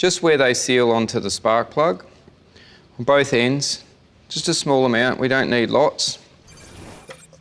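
Someone talks while a small amount of dielectric paste is applied to the insulator ends of ignition lead boots, where they seal onto the spark plug, before a boot is pushed onto the spark plug terminal. Between the speech there are quiet pauses, a faint brief handling sound near 2.6 s, and a soft hiss toward the end. Nothing has seated or snapped on yet.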